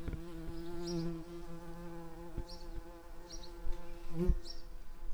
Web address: bumblebees Hortorum-workers